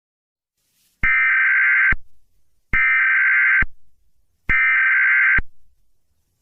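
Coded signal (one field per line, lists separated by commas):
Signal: Emergency Alert System (SAME) tones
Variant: header bursts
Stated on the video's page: Fictional EAS scenario, made for entertainment and not for broadcast; tones may be valid.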